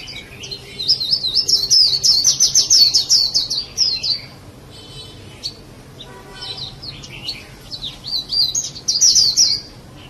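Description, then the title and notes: Bird song: rapid trills of high chirping notes in bursts, pausing between phrases, with a steady low hum underneath. "Bird Sound. Kicau Burung Lengkap"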